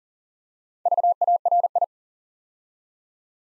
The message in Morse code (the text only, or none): VARI